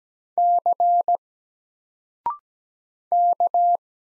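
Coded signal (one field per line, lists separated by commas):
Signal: Morse code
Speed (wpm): 17 wpm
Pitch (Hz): 700 Hz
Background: none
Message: C K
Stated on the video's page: Morse single letters sent at 17 wpm with a 0.6-second pause before each spoken answer, each letter sent before and after, as a drill for instant character recognition.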